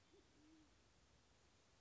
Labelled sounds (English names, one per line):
Band-tailed Pigeon